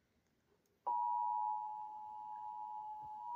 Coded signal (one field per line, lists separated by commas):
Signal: Emergency Alert System (SAME) tones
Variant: 853 and 960 Hz attention tone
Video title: EAS Alerts from July 30 - 31 2024 SWO KHB59 Beaver CH12